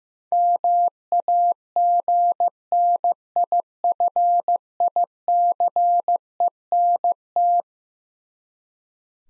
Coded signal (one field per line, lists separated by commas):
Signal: Morse code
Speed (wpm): 16 wpm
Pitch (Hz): 700 Hz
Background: none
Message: MAGNIFICENT